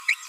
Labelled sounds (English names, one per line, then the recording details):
Green-rumped Parrotlet babbling
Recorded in a nest box in Venezuela
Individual 18B25A4